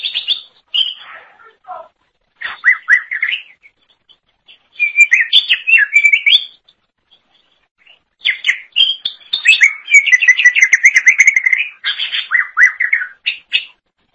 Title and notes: Suara Kicauan Burung Cucak Ijo Durasi Panjang